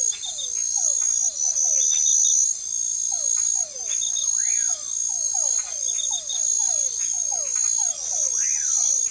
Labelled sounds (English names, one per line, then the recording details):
Common Pauraque
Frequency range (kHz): Common Pauraque 0.8-2.7 kHz
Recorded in forest near Pivijay, Magdalena, Colombia, on 18 April 2023 at 20:30
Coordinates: 10.467, -74.380
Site Z5-G034